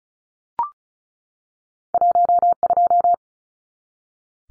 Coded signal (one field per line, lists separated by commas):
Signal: Morse code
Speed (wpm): 34 wpm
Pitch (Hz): 700 Hz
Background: none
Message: 12